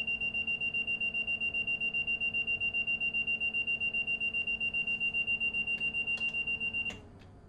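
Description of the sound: A high-pitched electronic tone pulses rapidly and evenly, about 220 beeps a minute, for roughly seven seconds, then stops abruptly. This is a hospital ventilator alarm, signalling a problem that needs staff attention.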